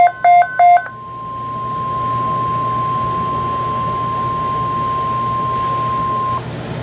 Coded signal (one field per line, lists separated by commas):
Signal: Emergency Alert System (SAME) tones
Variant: 1050 Hz attention tone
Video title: EAS Alert #34